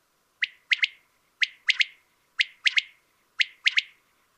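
Common quail calling a crisp three-note phrase, one note then a rapid pair, repeated four times at roughly one-second intervals in quiet surroundings.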